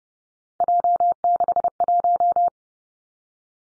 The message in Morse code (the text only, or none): J61